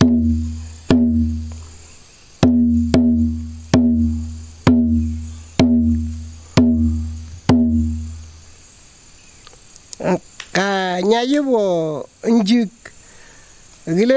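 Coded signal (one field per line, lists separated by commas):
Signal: drum signal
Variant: garamut rhythms on kundu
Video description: Various rhythms were used to convey specific messages. Since there is currently no garamut drum in the speaker's village, the speaker instead uses a (much smaller) kundu drum to demonstrate the different rhythms.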